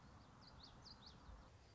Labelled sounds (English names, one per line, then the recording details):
Common Yellowthroat
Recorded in Sonoma County, California